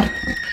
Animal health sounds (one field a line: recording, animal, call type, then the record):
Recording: contact call of a hoofed animal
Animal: Przewalski's horse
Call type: whinny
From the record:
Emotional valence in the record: negative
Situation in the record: group separation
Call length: 0.53 s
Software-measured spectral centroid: 2600 Hz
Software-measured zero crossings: 3490 a second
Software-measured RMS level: -22 dBFS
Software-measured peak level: -7 dBFS